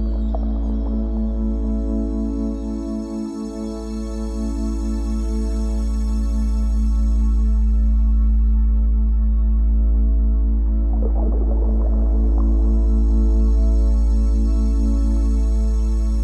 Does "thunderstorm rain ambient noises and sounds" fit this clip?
no